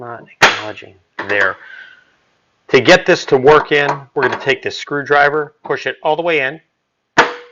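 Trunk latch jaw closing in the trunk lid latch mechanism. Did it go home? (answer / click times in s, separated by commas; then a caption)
yes / 7.2 s. A screwdriver pushes a jammed trunk latch mechanism in the trunk lid all the way in until the latch jaw closes. Someone talks throughout, then a sharp click sounds at 7.2 s as the trunk latch locks closed.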